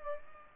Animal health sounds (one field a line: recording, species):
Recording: mosquito wingbeat signal from an infrared sensor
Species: Culex pipiens